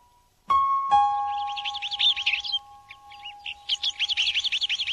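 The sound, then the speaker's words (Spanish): Flycatcher birds in a nest chirp in quick, repeated high-pitched bursts, starting after two bell-like chime strikes whose ringing tone lingers beneath the twittering. “Un nido de papamoscas.”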